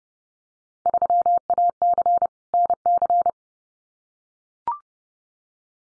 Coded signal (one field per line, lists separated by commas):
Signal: Morse code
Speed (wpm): 30 wpm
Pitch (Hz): 700 Hz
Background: none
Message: 3AC NC